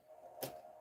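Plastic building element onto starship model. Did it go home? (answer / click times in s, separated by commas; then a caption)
no / none. A plastic building element is handled against a LEGO Star Wars Jango Fett's Starship 75409 model during a live build. Over a steady tone near 600 Hz, a brief broadband tap stands out at about 0.4 s. Nothing has seated or clicked into place yet.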